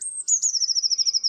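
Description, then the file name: Eurasian blue tit song: high thin notes leading into a rapid, even trill of repeated silvery notes, sustained to the end. "MODRASZKA"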